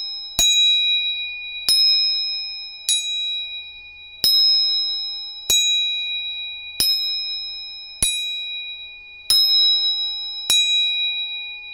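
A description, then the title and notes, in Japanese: A tuning fork is struck repeatedly, about every one and a half seconds, each strike giving a sharp metallic click followed by a clear, steady ringing tone with bright overtones. Each tone slowly fades before the next strike. Faint low hum sits underneath. 音叉チューニング3本。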